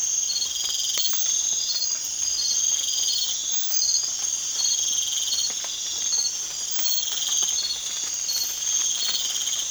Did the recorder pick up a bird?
no